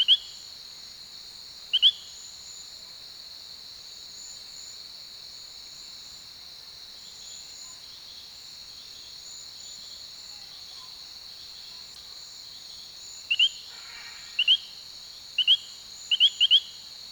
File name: Allobates femoralis